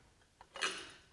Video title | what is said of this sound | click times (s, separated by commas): LED Vapor Tight Fixture | press into it and allow it to snap in place okay | 0.6 s